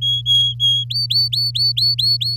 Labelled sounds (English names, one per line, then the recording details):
Domestic Canary song
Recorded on 11 May 2018 at 06:04
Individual llb16